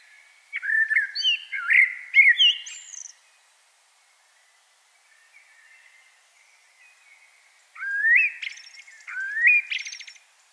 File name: Turdus merula